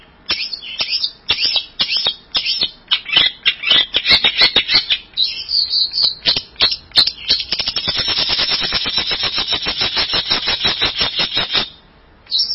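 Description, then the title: Bird song: long, hurried stream of harsh high notes that blurs into an unbroken buzzy trill before stopping abruptly. "burung online"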